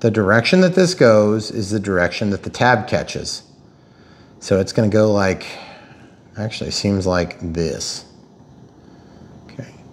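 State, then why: Partly seated. Someone talks while pushing a crimped metal terminal on a brown wire into a plastic connector housing. A small first click is heard at 9.5 s, but the terminal is only partly seated and still has to go further before a second click locks it in.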